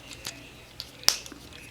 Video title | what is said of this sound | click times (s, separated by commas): Post NYCC 2018 Classic Hound Review | they actually click into place it's like that's not just a passive swing out like there | 1.1 s